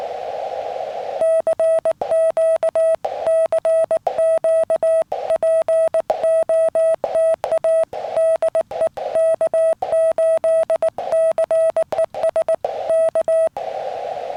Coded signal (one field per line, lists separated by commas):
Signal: Morse code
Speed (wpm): 19 wpm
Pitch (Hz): 650 Hz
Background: none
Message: CQ CQ POTA DE K8CES K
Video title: Picnic Tables Hibernate Too! Taking the FT-817 For Another CW POTA Activation